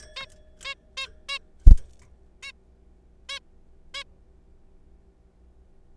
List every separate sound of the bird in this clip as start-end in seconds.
0.16-0.26, 0.65-0.74, 0.97-1.06, 1.29-1.39, 2.43-2.52, 3.29-3.39, 3.94-4.04